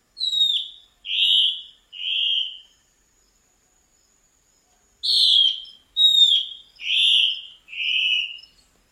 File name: canto do mae de taoca